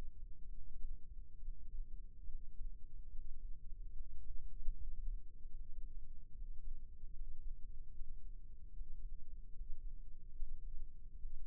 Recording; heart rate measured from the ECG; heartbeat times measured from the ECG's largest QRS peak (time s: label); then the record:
heart sounds by microphone in the left ear; 73 bpm
0.49 s: heartbeat
1.39 s: heartbeat
2.25 s: heartbeat
3.09 s: heartbeat
3.91 s: heartbeat
4.72 s: heartbeat
5.52 s: heartbeat
6.32 s: heartbeat
7.12 s: heartbeat
7.92 s: heartbeat
8.72 s: heartbeat
9.52 s: heartbeat
10.33 s: heartbeat
11.16 s: heartbeat
From the record:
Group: healthy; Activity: breath hold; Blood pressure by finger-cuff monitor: 84/59 mmHg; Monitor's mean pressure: 68 mmHg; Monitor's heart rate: 74 bpm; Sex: male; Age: 22 years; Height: 181 cm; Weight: 79 kg